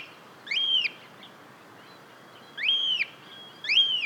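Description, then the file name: Cockatiel giving three harsh, arched whistled calls, each rising and dropping, separated by quiet gaps of about two seconds and then under one second. "Cockatiel Nymphicus hollandicus"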